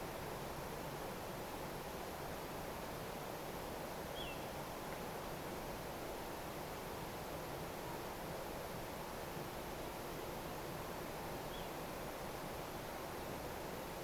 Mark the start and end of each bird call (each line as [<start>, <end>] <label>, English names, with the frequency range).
[4.14, 4.35] Little Ringed Plover (2.5-3.5 kHz)
[11.51, 11.68] Little Ringed Plover (2.8-3.6 kHz)